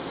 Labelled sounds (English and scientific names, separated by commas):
Black-and-white Warbler (Mniotilta varia) flight call